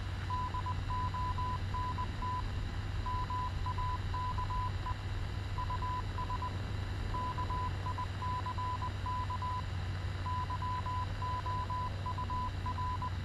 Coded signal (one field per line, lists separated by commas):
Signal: Morse code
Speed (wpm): 20 wpm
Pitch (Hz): 1000 Hz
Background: none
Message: DONT MAKE US KICK YOUR